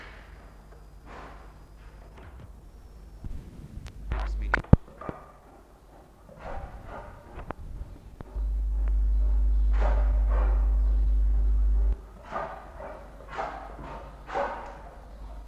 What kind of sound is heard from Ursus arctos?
snorting